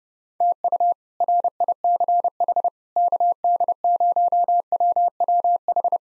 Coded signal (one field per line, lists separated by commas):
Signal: Morse code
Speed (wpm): 32 wpm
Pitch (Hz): 700 Hz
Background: none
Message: TU RICH KD0WWH